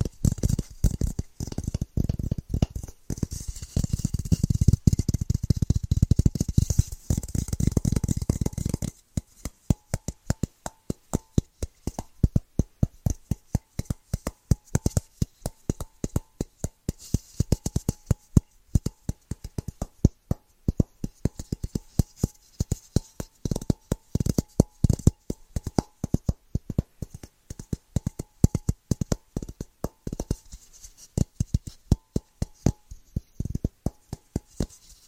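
Fast, rhythmic tapping: a dense, busier stretch for the first nine seconds, then crisp separate taps in quick bursts with brief pauses, faint hum underneath.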